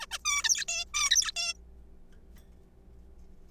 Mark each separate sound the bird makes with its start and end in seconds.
0.01-0.06, 0.11-0.18, 0.25-0.64, 0.68-0.85, 0.94-1.32, 1.36-1.53